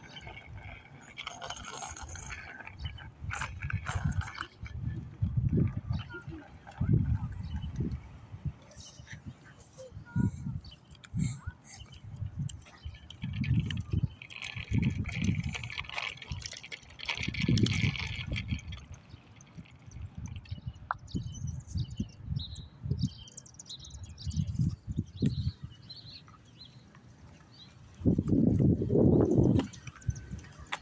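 Cars pass and a bike rattles over pavement in short, uneven bursts of low rumbling thuds, one every second or two. A brighter hiss rises around the middle, and a heavier, longer rumble swells near the end.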